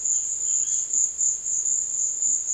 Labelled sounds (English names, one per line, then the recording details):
none
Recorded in secondary vegetation near Puerto Asís, Putumayo, Colombia, on 8 March 2025 at 16:00
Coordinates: 0.488, -76.319
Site G095